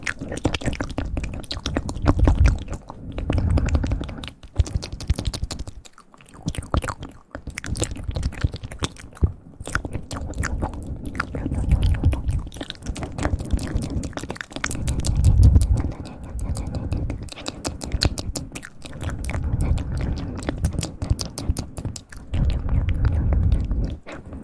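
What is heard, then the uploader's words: Wet mouth sounds fill the recording: rapid clicks, smacks and chewing-like crackles packed tightly together with no real pauses. A soft low rumble sits underneath, swelling in louder bursts around 2, 15 and 22 seconds, while the crisp clicks stay bright throughout. ASMR mouth sounds.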